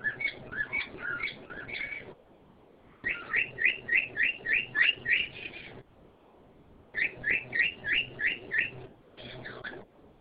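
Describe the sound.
Bird calling in repeated bouts of sharp, regular chirps, with brief silences between the bursts.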